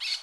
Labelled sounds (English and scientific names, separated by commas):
Brown-throated Parakeet (Eupsittula pertinax) contact call